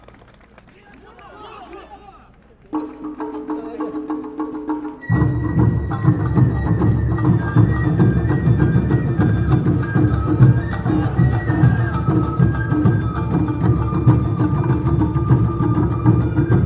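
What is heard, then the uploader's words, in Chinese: An Awa dance troupe performs at Songshan Ciyou Temple in Taipei. Faint voices open the clip, held tones enter near three seconds, and around five seconds loud, dense music begins: busy pounding drums under bright sustained notes, continuing unbroken to the end. 東京高圓寺阿波舞團來台展演。阿波舞團在台展演。台北市松山區的松山慈祐宮。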